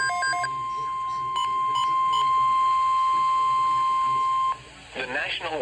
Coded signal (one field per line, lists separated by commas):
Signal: Emergency Alert System (SAME) tones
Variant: 1050 Hz attention tone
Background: speech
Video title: Severe Thunderstorm Watch (EAS #914) 7/21/26